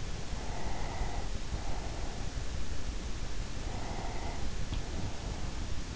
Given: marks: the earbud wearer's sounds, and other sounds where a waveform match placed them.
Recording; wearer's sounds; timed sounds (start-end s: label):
sounds in sleep by an in-ear microphone; breath
0.37-2.69 s: breath
3.46-4.78 s: breath